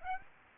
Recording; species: mosquito wingbeat signal from an infrared sensor; Aedes aegypti